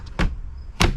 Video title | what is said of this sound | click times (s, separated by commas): The highs and lows. Making progress on my Ram Promaster 1500 van build! | and it clicks in. | 0.8 s